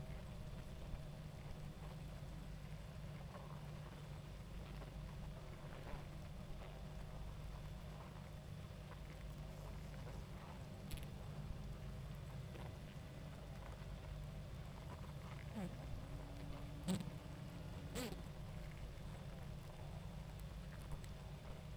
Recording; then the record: honeybee colony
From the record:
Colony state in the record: active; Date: 28 July 2017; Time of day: 21:42